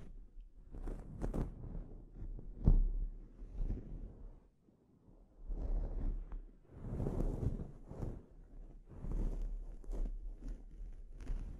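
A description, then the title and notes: A scalp treatment with irregular bursts of rubbing and scratching over soft, low thumps. A sharp knock lands near the third second, activity dips quietly around five seconds, then returns in denser, bristly waves of scratching through to the end. ASMR Sleep Inducing Scalp Treatment (No Talking).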